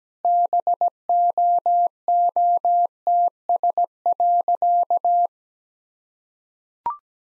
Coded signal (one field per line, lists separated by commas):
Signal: Morse code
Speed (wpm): 17 wpm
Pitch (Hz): 700 Hz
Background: none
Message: BOOTS.